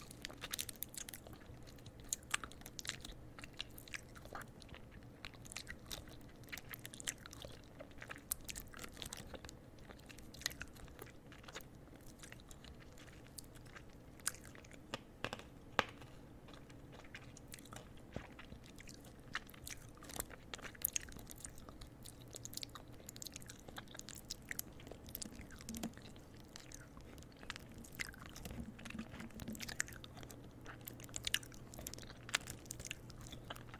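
Crunchy nibbling on a candy cane, with dense sharp cracks and small wet mouth sounds over a low steady hum.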